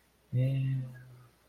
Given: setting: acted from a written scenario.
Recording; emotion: vocal sound without words; shame